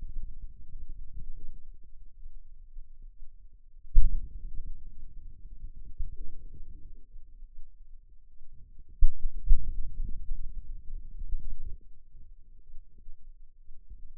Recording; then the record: forearm muscle sounds (acoustic myography)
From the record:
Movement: outward rotation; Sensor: system 2, bracelet of six BSWA MPA416 microphones around the upper forearm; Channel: 1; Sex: male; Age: 22 years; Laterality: right